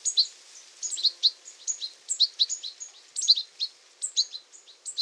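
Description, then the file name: European goldfinch calls, bright tinkling chirps and twitters high in pitch, given in quick clusters about once a second, fairly steady throughout. "Carduelis carduelis"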